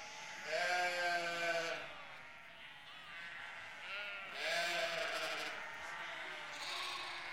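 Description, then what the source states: Sheep bleating, two loud quavering bleats with softer bleats in between and near the end. Several sheep.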